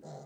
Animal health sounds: pig call; piglet (1 to 25 days)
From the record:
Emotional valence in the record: negative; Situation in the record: long isolation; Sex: male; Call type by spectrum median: low-frequency call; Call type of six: low-frequency stable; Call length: 0.26 s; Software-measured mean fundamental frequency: 51 Hz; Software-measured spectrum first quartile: 205 Hz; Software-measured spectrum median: 477 Hz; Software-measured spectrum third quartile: 843 Hz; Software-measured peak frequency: 655 Hz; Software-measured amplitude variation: 99 dB a second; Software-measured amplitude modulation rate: 25.4 a second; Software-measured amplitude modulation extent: 3.9 dB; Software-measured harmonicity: 1.2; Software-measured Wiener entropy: -0.08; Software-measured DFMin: 1496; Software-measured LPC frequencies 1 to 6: 658, 4155, 5100, 5947, 6756, 7274 Hz

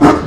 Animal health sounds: pig call; growing-finishing pig (85 days or more)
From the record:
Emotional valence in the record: positive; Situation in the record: run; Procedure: transit

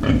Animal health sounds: pig call; growing-finishing pig (85 days or more)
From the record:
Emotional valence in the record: positive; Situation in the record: enriched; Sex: female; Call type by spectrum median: low-frequency call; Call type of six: low-frequency stable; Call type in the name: low-frequency stable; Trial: 2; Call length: 0.20 s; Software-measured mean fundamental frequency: 43 Hz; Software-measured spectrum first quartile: 135 Hz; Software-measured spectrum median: 258 Hz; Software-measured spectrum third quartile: 587 Hz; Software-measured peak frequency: 254 Hz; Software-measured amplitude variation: 129 dB a second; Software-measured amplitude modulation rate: 22.4 a second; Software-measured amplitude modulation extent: 5.8 dB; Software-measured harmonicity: -3.0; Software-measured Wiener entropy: -1.22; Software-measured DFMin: 689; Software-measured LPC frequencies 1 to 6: 282, 1379, 2260, 3040, 3852, 4603 Hz

